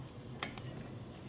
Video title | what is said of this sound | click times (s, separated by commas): 1942 45ci wla type 5 #128 rebuild repair tune-up harley flathead sidevalve by tatro machine | Yep, did you hear that click? | 0.4 s